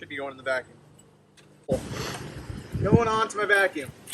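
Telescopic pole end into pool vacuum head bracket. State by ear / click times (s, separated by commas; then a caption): not seated / none. A telescopic pool pole end is handled against the bracket of a pool vacuum head, where a spring clip should engage, while someone talks. Broadband rustling and scraping from about 1.7 s carries on under the voice to the end. Nothing has seated or clicked yet.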